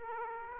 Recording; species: mosquito wingbeat signal from an infrared sensor; Aedes aegypti